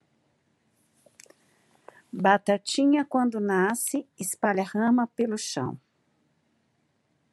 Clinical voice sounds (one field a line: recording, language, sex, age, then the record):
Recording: short text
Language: Brazilian Portuguese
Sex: female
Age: 50 to 59 years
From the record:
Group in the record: control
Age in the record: 56 years